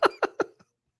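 A man coughs three times in quick succession.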